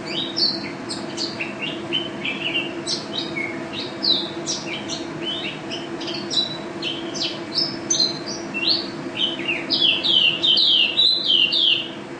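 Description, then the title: White-eye song of dense, rapid chirping. It grows louder and busier near the end with quick twittering slurs, and a low hum runs throughout. Contest bird, national first-place champion, described as gacor and ropel (singing constantly and rapidly), with a song filled with canary notes (isian kenari); video from 2015. "Pleci Juara 1 Nasional pleci Gacor juara nasional teler gacor ropel pleci isian kenari Video 2015"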